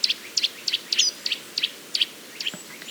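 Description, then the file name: Eurasian nuthatch uttering several paired piping notes in a steady series, the last ones fainter. "Sitta europaea"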